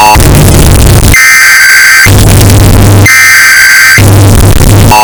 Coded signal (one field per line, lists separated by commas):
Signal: Emergency Alert System (SAME) tones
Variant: header bursts